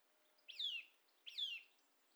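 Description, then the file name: Eurasian nuthatch with two strong, clear call notes sliding downward, about three quarters of a second apart, over a quiet background. "Sitta europaea"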